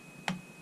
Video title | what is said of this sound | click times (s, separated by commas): Alienware M15 M.2 Replacement. With Fresh windows install. | Hear it click. | 0.3 s